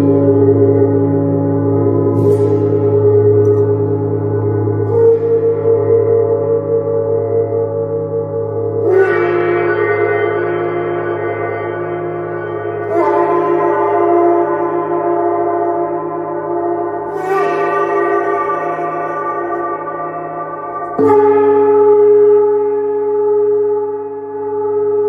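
A large gong sounds in a long, shimmering wash that never fades out, with fresh strikes roughly every four seconds, near 2, 5, 9, 13, 17 and 21 seconds. Each hit adds a bright splash over a dense, humming low drone of overlapping tones.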